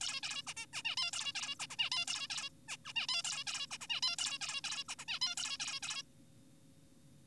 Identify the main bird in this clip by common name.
Zebra Finch